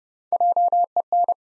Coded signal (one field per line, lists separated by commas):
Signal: Morse code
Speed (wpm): 30 wpm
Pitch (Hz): 700 Hz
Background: none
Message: JEN